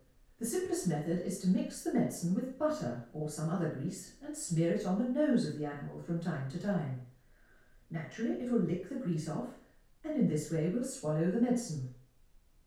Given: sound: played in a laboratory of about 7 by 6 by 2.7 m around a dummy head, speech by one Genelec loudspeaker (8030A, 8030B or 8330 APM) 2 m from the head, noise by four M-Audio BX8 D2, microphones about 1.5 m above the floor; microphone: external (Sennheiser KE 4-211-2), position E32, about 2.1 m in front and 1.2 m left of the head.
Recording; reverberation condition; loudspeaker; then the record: female speech in English; medium; 60 degrees to the right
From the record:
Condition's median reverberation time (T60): about 510 ms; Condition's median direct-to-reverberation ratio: about -0.5 dB